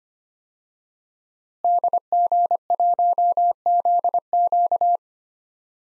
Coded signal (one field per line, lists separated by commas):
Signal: Morse code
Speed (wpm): 25 wpm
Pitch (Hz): 700 Hz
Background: none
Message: DG1ZQ